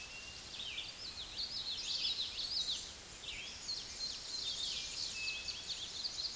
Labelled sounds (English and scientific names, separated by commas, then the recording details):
Common Yellowthroat (Geothlypis trichas) song
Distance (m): 10 m
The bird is about 5 m below the microphone
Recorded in a Pennsylvania forest on 16 May 2024 at 06:30
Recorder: AudioMoth, point MSD-0398
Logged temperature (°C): 16.4 °C
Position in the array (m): 156 m, 85 m